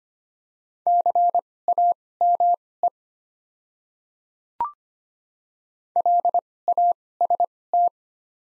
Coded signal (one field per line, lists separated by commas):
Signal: Morse code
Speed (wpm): 25 wpm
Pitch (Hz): 700 Hz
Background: none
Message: CAME LAST